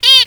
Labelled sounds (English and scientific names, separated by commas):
Zebra Finch (Taeniopygia guttata) distance call